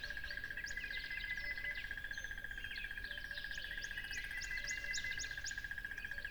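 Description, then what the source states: Crickets hold a constant shrill trill under scattered bird chirps and short rising whistles. Crickets beside a lively tropical river.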